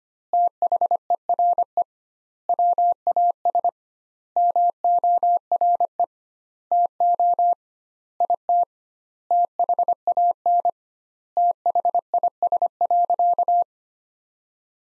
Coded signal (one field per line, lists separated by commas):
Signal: Morse code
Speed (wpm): 25 wpm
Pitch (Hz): 700 Hz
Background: none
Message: THERE WAS MORE TO IT THAN THIS.